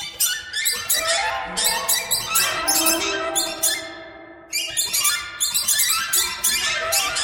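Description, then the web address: Birds in a busy squeaky chatter, many short harmonic notes tumbling rapidly over each other, easing briefly past the middle. "soundfactory birds"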